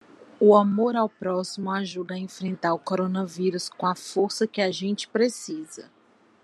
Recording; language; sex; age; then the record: spoken sentence; Brazilian Portuguese; female; 30 to 39 years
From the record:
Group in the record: control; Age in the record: 37 years